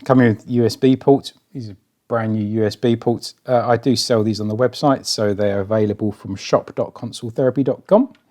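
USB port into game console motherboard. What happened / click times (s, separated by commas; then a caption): The USB port is handled but not yet seated; no seating click is heard / none. A brand-new rear USB port is being handled for pressing into its through-hole position on a PlayStation 5 motherboard before soldering. Throughout the clip someone talks, and no other distinct sounds stand out. Nothing has seated or clicked yet; the port has not popped into place by the end.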